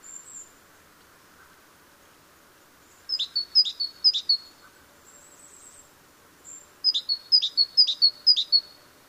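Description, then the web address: Great tit song in two short bouts of three and four sharp two-note phrases, with a few faint high notes and a low hiss between them. "SETE Parus major"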